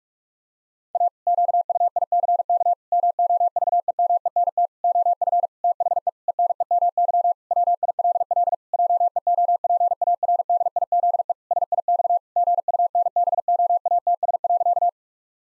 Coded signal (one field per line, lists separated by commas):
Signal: Morse code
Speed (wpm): 46 wpm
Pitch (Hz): 700 Hz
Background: none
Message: A QUICK MOVEMENT OF THE ENEMY WILL JEOPARDIZE SIX GUNBOATS.